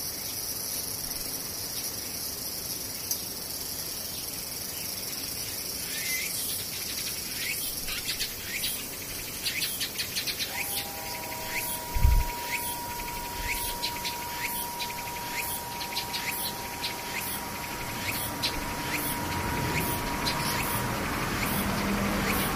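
Cicadas keep up a steady, bright, dense buzz throughout, with rapid clicking pulses growing busier after about six seconds. Around ten seconds a thin, even tone begins and holds for roughly ten seconds, and a brief low thump lands near twelve seconds.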